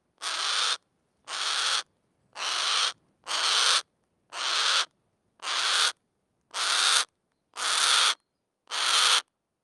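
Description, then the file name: Harris's hawk uttering nine rough, screechy squawks in a fairly regular series, each burst short and harsh, separated by brief silences. Harsh squawk and shriek calls; recorded with a Schoeps microphone. "harris hawk heniek"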